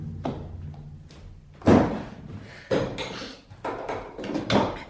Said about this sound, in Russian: закрой дверь.